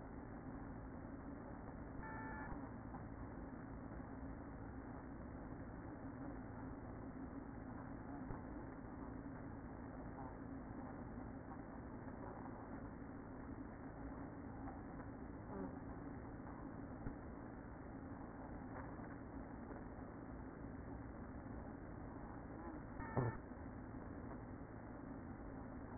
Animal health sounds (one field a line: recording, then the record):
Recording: honeybee colony, microphone inside the hive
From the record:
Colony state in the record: queen present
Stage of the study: after two queens were removed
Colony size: about 60,000 bees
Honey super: yes